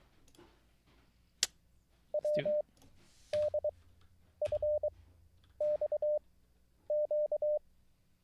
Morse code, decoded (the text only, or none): WDFXQ